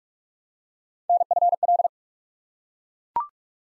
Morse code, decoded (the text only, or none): NFL